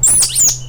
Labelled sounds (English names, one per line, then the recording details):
Stitchbird song
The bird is a male
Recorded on Tiritiri Matangi Island, New Zealand, in 2005
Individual 1, of nest box 1